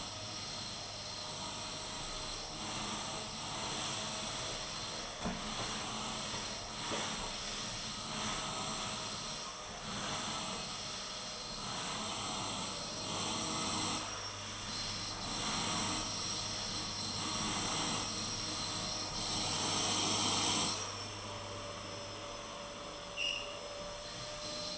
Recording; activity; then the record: daily activity, microphone in the room; vacuum cleaning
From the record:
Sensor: 4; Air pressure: 991.8 hPa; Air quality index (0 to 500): 113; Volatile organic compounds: 20 ppm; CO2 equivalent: 2690 ppm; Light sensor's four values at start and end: 19/63/23/23 and 19/62/23/23